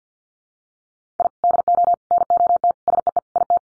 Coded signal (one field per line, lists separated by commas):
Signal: Morse code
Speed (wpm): 50 wpm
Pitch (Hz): 700 Hz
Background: none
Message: I DO NOT SEE IT